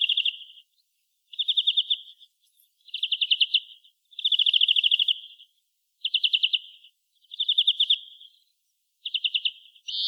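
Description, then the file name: European greenfinch repeating short, fast rattling trills in a series of separate phrases, one longer than the rest. "Chloris chloris"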